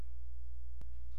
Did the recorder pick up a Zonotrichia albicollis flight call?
no